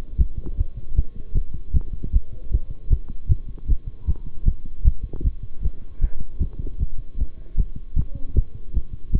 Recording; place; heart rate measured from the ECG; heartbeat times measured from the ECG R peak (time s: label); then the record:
heart sounds by stethoscope; between the tricuspid and mitral areas; 154 bpm
0.18 s: heartbeat
0.57 s: heartbeat
0.96 s: heartbeat
1.35 s: heartbeat
1.74 s: heartbeat
2.13 s: heartbeat
2.52 s: heartbeat
2.90 s: heartbeat
3.29 s: heartbeat
3.68 s: heartbeat
4.07 s: heartbeat
4.46 s: heartbeat
4.85 s: heartbeat
5.24 s: heartbeat
5.63 s: heartbeat
6.01 s: heartbeat
6.40 s: heartbeat
6.79 s: heartbeat
7.18 s: heartbeat
7.57 s: heartbeat
7.96 s: heartbeat
8.35 s: heartbeat
8.74 s: heartbeat
9.13 s: heartbeat
From the record:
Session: bicycle stress test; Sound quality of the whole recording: good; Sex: male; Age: 23 years